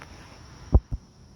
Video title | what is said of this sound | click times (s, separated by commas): 2011 Ford Focus Drivers Door Handle Replacement How To | so once you stop it in had a nice solid click that's | 0.0 s, 0.8 s